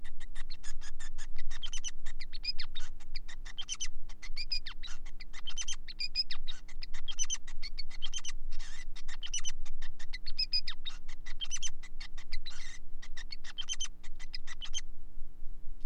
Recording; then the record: song of a male Bengalese finch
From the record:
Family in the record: son of father 5